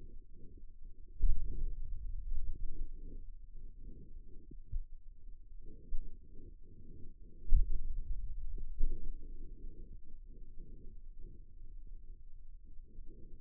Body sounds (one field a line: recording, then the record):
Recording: forearm muscle sounds (acoustic myography)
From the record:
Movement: pen grasping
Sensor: system 2, bracelet of six BSWA MPA416 microphones around the upper forearm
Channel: 4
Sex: male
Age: 22 years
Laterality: right